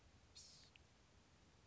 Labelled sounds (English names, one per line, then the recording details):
Blue-gray Gnatcatcher
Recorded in Sonoma County, California